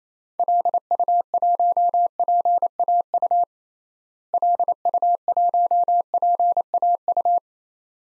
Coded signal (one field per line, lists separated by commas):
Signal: Morse code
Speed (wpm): 27 wpm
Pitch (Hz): 700 Hz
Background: none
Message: LU1PAU LU1PAU